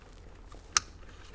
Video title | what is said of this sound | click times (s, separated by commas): Jeep Wrangler JK Sony XAV-9500ES Plug & Play Kit Installation - 2007 - 2018 Jeep Wrangler JK | snaps right in | 0.8 s